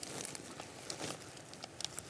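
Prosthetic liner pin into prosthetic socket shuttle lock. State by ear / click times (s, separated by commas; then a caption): not seated / none. An amputee steps into a prosthetic leg socket, guiding the threaded pin on the end of a silicone liner toward the locking hole of the socket's shuttle lock. Soft crinkling and rustling handling noise is heard, broken by a few brief sharp ticks. Nothing has seated or clicked yet.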